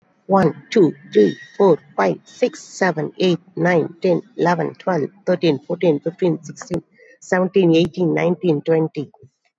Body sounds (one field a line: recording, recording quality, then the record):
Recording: counting at a fast pace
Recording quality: excellent, no background noise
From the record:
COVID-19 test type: RT-PCR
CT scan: not taken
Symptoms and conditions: cough, cold, breathing difficulty, another respiratory illness, hypertension, diabetes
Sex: female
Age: 55 years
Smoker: no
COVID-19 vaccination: none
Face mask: not worn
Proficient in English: yes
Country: India